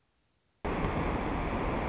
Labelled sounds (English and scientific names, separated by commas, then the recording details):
Anna's Hummingbird (Calypte anna)
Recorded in Sonoma County, California